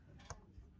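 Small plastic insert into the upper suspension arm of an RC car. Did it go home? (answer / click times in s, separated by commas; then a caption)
yes / 0.3 s. A small plastic insert is pressed into the upper suspension arm of a Tamiya TT02D RC car. A single short, sharp snap sounds at 0.3 s over a quiet low rumble, and the piece is seated in the arm.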